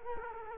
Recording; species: mosquito wingbeat signal from an infrared sensor; Culex quinquefasciatus